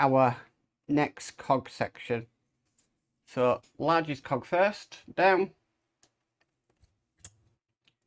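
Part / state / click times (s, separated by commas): cog section onto orrery drive shaft / seated / 7.2 s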